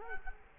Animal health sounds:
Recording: mosquito wingbeat signal from an infrared sensor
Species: Culex quinquefasciatus

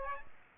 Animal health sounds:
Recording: mosquito wingbeat signal from an infrared sensor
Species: Aedes aegypti

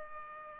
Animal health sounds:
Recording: mosquito wingbeat signal from an infrared sensor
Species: Culex pipiens

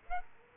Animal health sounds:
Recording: mosquito wingbeat signal from an infrared sensor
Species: Aedes aegypti

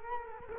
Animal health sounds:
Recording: mosquito wingbeat signal from an infrared sensor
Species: Culex quinquefasciatus

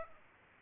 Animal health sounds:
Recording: mosquito wingbeat signal from an infrared sensor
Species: Aedes aegypti

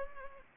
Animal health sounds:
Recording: mosquito wingbeat signal from an infrared sensor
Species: Culex pipiens

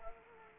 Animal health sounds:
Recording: mosquito wingbeat signal from an infrared sensor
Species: Culex quinquefasciatus

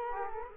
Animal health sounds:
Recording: mosquito wingbeat signal from an infrared sensor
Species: Culex quinquefasciatus

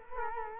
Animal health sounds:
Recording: mosquito wingbeat signal from an infrared sensor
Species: Culex quinquefasciatus

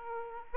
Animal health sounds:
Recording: mosquito wingbeat signal from an infrared sensor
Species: Aedes aegypti

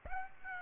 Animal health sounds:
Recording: mosquito wingbeat signal from an infrared sensor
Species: Aedes aegypti

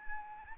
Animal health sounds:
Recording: mosquito wingbeat signal from an infrared sensor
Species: Anopheles arabiensis

